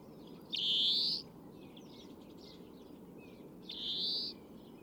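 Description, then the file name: European greenfinch wheezing calls, two drawn-out nasal buzzes, the first loud and the second softer, over a steady low rumble with faint chirps from other birds. "Chloris chloris"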